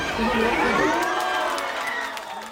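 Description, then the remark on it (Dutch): A crowd cheers and shouts at a youth sumo match in the Kokugikan, Japan, in a dense, steady roar of overlapping voices, many of them high and youthful, staying loud throughout before easing slightly at the end. “Hij hoort het al, het publiek gaat tekeer.”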